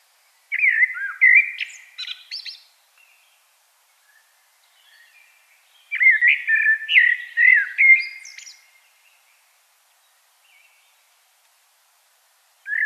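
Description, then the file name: Common blackbird song in separate phrases a few seconds apart, each a mellow whistled warble topped by a scratchy high squeak. "Turdus merula"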